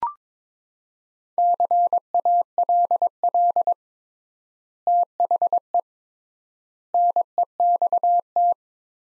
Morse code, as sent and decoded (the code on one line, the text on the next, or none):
-.-. .- .-.. .-.. / - .... . / -. . -..- -
CALL THE NEXT